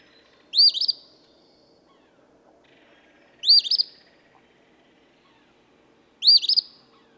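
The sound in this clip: Eastern phoebe song repeated three times, each a sharp scratchy note sliding into a burry buzz, spaced about two and a half to three seconds apart.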